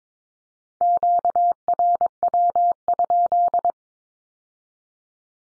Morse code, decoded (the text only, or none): QRW?